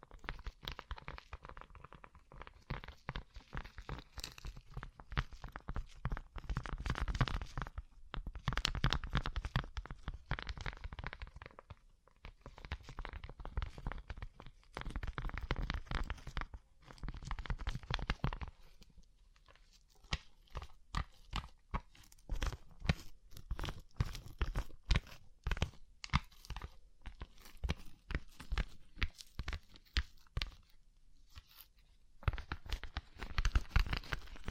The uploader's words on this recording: ASMR Rhinestone Covered Tapping 3Dio (No Talking).